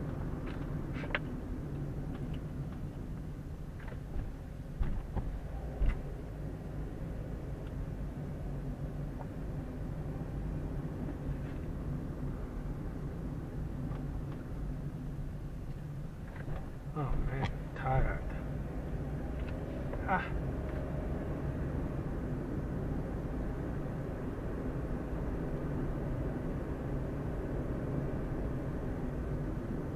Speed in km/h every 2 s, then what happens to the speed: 27, 18, 14, 18, 21, 25, 24, 19, 15, 23, 30, 33, 36, 36, 36.
0-3 brakes to 14. 3-10 speeds up to 25. 10-16 slows to 15. 16-24 speeds up to 36. 24-30 steady at about 36.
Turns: none.